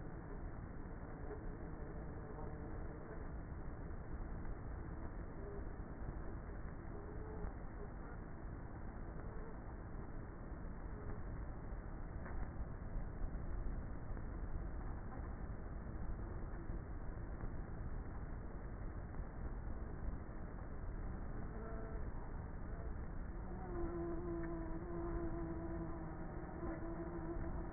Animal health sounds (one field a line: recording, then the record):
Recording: honeybee colony, microphone inside the hive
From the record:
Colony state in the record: queenless with a low population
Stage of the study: before two queens were removed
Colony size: about 30,000 bees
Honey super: no